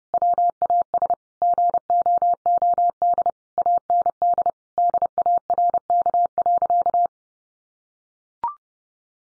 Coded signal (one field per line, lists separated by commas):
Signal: Morse code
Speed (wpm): 30 wpm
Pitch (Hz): 700 Hz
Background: none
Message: WAS GOOD AND DARK.